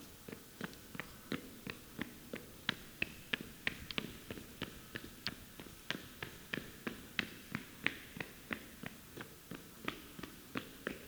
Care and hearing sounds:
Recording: daily activity, guitar pickup as the sensor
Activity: run

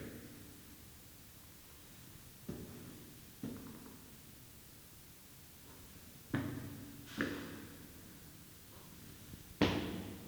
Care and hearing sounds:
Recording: daily activity, guitar pickup as the sensor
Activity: go upstairs

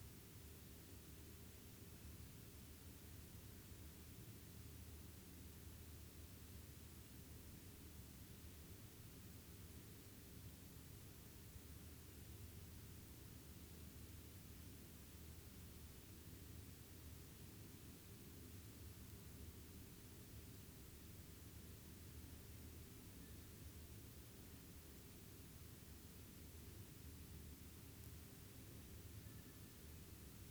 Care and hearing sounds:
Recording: daily activity, guitar pickup as the sensor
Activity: sit

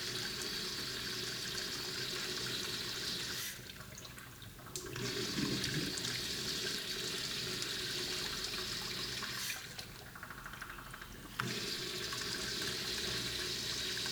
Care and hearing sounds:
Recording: daily activity, guitar pickup as the sensor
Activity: flush

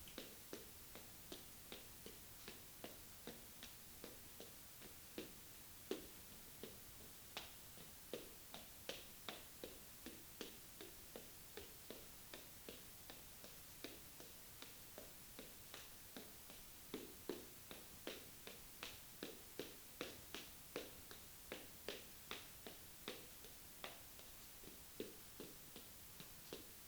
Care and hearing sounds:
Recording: daily activity, guitar pickup as the sensor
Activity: run

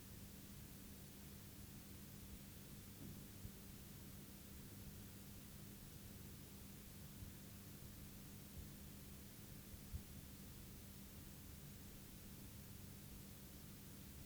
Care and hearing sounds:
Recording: daily activity, guitar pickup as the sensor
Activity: sit

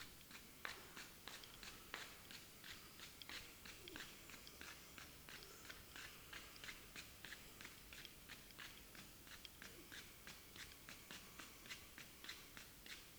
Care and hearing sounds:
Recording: daily activity, guitar pickup as the sensor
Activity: run

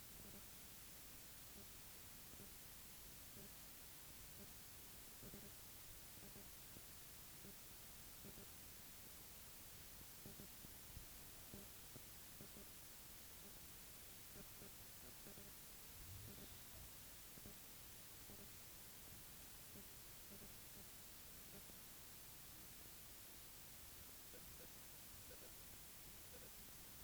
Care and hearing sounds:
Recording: daily activity, guitar pickup as the sensor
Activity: stand

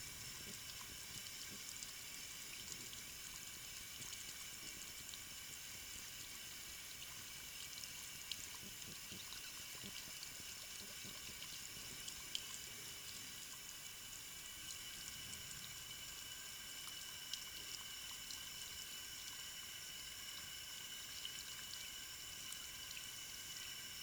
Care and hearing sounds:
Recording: daily activity, guitar pickup as the sensor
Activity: wash hands

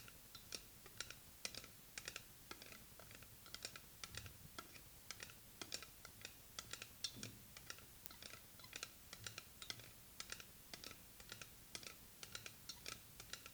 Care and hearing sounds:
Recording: daily activity, guitar pickup as the sensor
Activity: fry

